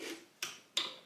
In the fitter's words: right there we get a click so